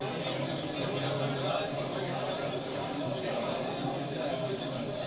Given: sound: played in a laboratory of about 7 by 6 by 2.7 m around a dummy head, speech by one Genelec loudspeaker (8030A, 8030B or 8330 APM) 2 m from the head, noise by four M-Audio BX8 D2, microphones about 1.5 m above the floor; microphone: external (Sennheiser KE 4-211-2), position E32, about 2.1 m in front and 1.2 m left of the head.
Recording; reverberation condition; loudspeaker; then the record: cafeteria noise; low; four, about 170 cm from the corners of the room and facing them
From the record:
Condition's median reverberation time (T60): about 310 ms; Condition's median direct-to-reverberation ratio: about 3.5 dB